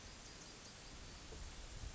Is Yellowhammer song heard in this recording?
no